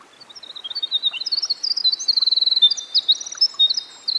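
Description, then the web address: Winter wren song, bright high notes tumbling into fast trills and chattery runs, over faint constant background noise. Recorded by a stream. "Dan Gibson Songbirds By The Stream Winter Wren"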